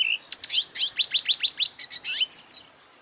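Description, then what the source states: Lesser Goldfinch song, a fast, high series of many sweet twittering and slurred chirps, quiet background. Song; small, beloved resident of the Southwest; recorded by Paul Marvin, Macaulay Library at the Cornell Lab of Ornithology.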